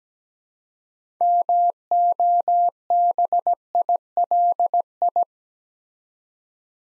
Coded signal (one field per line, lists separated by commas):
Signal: Morse code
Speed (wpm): 17 wpm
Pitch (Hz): 700 Hz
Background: none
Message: MOBILI